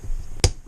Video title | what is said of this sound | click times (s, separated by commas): Armattan Gecko 3" Build - From the Ground Up | that snaps right into place perfect | 0.4 s